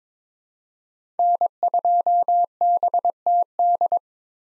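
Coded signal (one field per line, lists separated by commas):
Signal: Morse code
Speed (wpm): 22 wpm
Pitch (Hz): 700 Hz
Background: none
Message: N2BTD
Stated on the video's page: Morse code head-copy drill of common POTA activator call signs at 22 wpm, each sent, spoken, then sent again.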